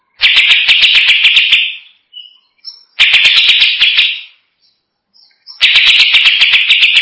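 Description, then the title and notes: Greater green leafbird song of three loud buzzy bursts, each a fast train of clicks over a high ringing tone, separated by short pauses. Champion singing bird. "Kicau Burung Cucak Ijo Juara. Suara kicauan burung cucak ijo"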